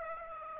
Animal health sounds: mosquito wingbeat signal from an infrared sensor; Aedes aegypti

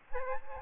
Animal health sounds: mosquito wingbeat signal from an infrared sensor; Aedes aegypti

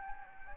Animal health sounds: mosquito wingbeat signal from an infrared sensor; Anopheles gambiae

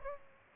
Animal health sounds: mosquito wingbeat signal from an infrared sensor; Aedes albopictus

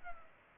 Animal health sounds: mosquito wingbeat signal from an infrared sensor; Culex pipiens

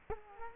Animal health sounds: mosquito wingbeat signal from an infrared sensor; Culex quinquefasciatus

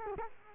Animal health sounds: mosquito wingbeat signal from an infrared sensor; Culex quinquefasciatus

